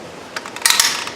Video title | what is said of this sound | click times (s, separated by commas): Driver's Side Window Switch Replacement - Ford Taurus/Mercury Montego | You hear it lock in, clipped into place, and we're good to go. | 0.7 s